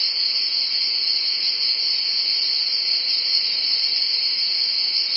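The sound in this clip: Cicadas producing a loud, sustained, high metallic whine that never breaks or changes pitch.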